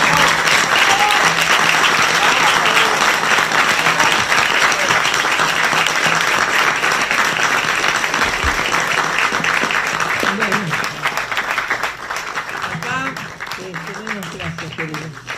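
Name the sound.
audience applause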